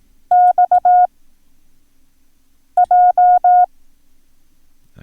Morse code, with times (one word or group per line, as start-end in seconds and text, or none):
0.3-1.1 X
2.8-3.6 J